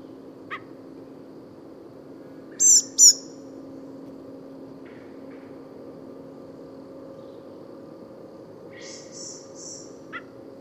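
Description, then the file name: Common blackbird thin, high calls: two loud notes close together early on, with fainter similar notes later and a few sharp ticks, over a steady low hum. "Turdus merula"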